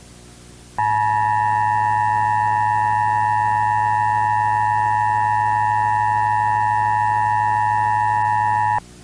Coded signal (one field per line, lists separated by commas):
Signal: Emergency Alert System (SAME) tones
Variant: 853 and 960 Hz attention tone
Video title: [EAS SCENARIO] DANSE MACABRE